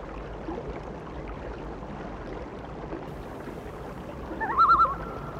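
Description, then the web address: Loon giving a short, loud quavering tremolo near the end, rapid wavering notes after quiet seconds of steady background hiss. "A Természet hangjai - Madárdal Sounds of Nature - Cry of the Loon"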